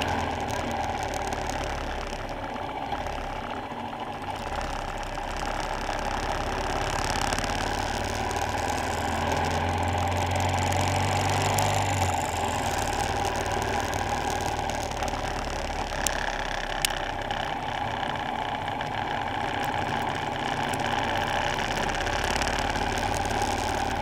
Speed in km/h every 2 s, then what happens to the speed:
26, 23, 23, 27, 32, 34, 34, 29, 26, 29, 27, 32.
4-9 speeds up to 34. 12-16 slows to 26. 16-24 steady at about 27.